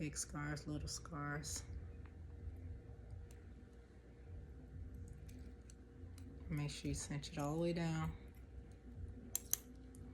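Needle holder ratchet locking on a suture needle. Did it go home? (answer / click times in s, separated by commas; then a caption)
yes / 9.3 s, 9.5 s. Someone talks as a metal needle holder is squeezed closed on a suture needle. Its ratchet locks with two sharp clicks at 9.4 s and 9.5 s, and the holder is seated shut on the needle.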